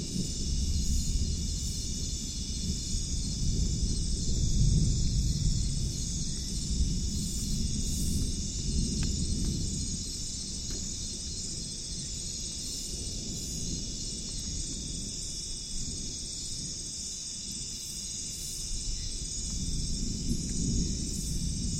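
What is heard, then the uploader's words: Deep thunder rumbles continuously through the Amazon rainforest, swelling around five seconds, while steady high insect buzzing holds above throughout. Massive thunderstorm approaching in the Amazon rainforest. A thunderstorm of epic proportions on the horizon in the Amazon rainforest.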